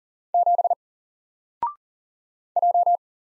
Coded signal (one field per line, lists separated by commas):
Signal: Morse code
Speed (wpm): 40 wpm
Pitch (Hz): 700 Hz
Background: none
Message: 7 J